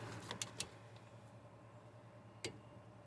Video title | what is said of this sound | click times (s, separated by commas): How to change the front brake pads on a 2018 Nissan Versa (easy and fast)🤓😁 | there's the click | 2.4 s